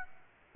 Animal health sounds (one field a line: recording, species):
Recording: mosquito wingbeat signal from an infrared sensor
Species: Aedes aegypti